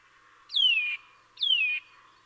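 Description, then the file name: Eurasian nuthatch calls, two loud descending whistles under a second apart, over steady background noise. "Sitta europaea"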